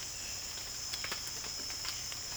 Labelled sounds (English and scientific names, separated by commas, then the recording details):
none
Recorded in pastures near Puerto Asís, Putumayo, Colombia, on 30 June 2025 at 17:00
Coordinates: 0.502, -76.324
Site G010